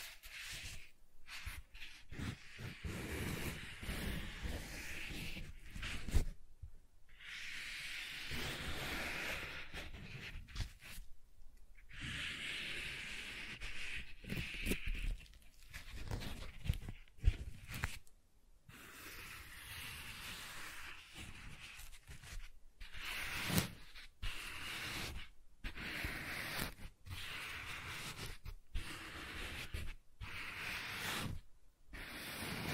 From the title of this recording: Soft Tracing on Smooth and Rough Surfaces